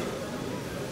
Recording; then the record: coughing mixed with background sound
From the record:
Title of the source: Mid-morning Winter Coughing Fit